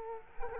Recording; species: mosquito wingbeat signal from an infrared sensor; Culex quinquefasciatus